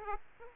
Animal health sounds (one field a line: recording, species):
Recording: mosquito wingbeat signal from an infrared sensor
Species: Aedes aegypti